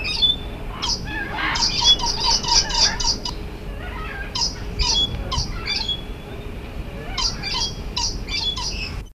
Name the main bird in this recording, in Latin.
Eos bornea